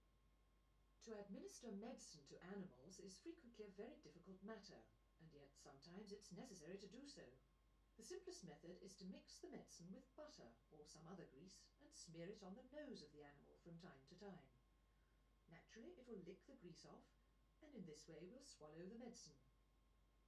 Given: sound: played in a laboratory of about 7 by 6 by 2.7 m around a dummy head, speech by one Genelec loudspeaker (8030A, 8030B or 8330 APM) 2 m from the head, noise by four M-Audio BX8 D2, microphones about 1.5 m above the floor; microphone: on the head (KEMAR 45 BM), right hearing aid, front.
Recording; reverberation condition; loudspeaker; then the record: female speech in English; low; 120 degrees to the left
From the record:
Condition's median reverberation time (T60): about 310 ms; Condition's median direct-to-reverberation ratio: about 3.5 dB